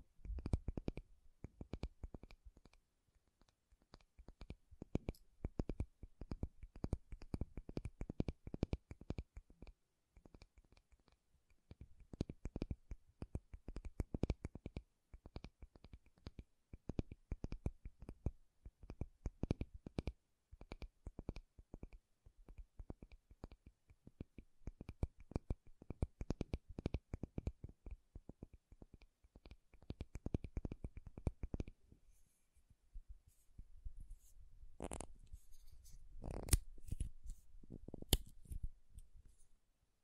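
Makeup tapping and scratching: dense bursts of quick, crisp taps and clicks run in uneven clusters with short pauses between them. Around the last ten seconds the tapping thins out, giving way to a few sharp isolated knocks and a soft, airy scratching.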